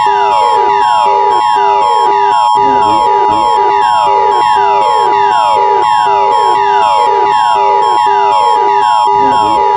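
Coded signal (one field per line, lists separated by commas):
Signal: Emergency Alert System (SAME) tones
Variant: 853 and 960 Hz attention tone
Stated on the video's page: Fan-made fictional EAS scenario; the alert is simulated.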